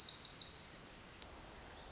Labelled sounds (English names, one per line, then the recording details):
Pacific Wren
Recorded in Sonoma County, California